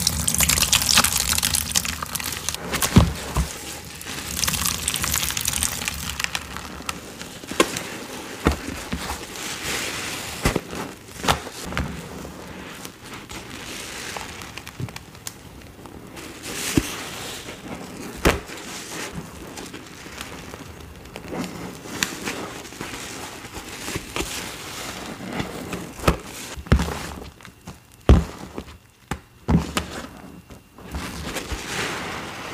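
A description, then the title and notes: Watermelon sounds: a steady wet, crunchy hiss with frequent sharp cracks and snaps, a burst around three seconds, quieter dips near twenty-eight seconds. Watermelon ASMR.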